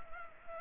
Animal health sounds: mosquito wingbeat signal from an infrared sensor; Culex pipiens

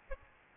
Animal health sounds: mosquito wingbeat signal from an infrared sensor; Aedes albopictus

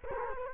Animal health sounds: mosquito wingbeat signal from an infrared sensor; Culex quinquefasciatus

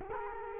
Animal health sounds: mosquito wingbeat signal from an infrared sensor; Culex quinquefasciatus

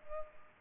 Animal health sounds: mosquito wingbeat signal from an infrared sensor; Culex pipiens

